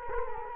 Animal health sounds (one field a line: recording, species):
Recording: mosquito wingbeat signal from an infrared sensor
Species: Culex quinquefasciatus